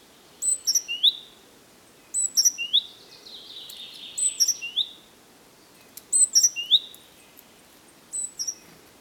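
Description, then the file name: Great tit song: groups of sharp, high notes repeated several times, with a brief buzzy sound between them, over light background hiss. "Parus major"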